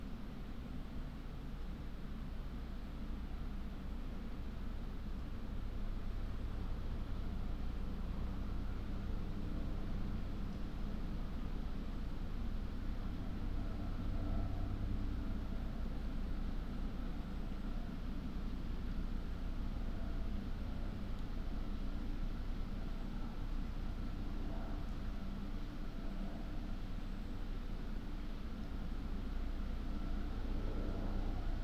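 A forest ambience in a valley, dominated by a steady, dense low rumble like traffic or engine drone that holds level for the whole half minute. Faint higher tones drift in and out softly behind it, with no sharp events.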